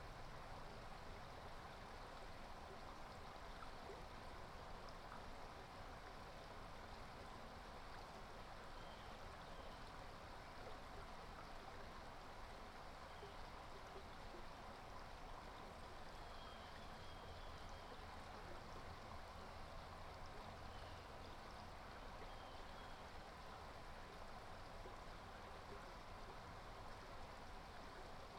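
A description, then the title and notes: A brook runs in a steady, dense rush of water, unchanging throughout, with a faint low rumble underneath and occasional brighter trickles. Tar Hollow, Brook.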